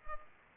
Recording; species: mosquito wingbeat signal from an infrared sensor; Culex pipiens